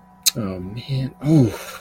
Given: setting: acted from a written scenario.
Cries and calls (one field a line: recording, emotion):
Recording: vocal sound without words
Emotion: shame